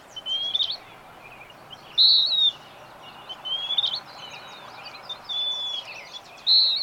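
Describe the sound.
Bird song: a series of high whistled phrases, some loud and falling, others thin and rising, spaced throughout over low hiss.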